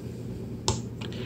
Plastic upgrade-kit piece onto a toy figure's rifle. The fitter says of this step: snap it in and now